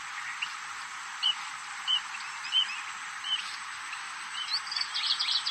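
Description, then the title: Red-throated parrotfinch uttering four sharp, high call notes less than a second apart against constant hissing background noise, followed by twittering. "Erythrura Psittacea"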